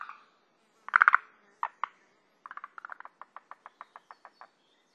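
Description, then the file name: Forest green tree frog calling: a loud rattling burst, two short notes, then a long series of quick pulses repeated steadily. Sado, Japan, 18 June 2010. "moriaogaeru 100618 sado"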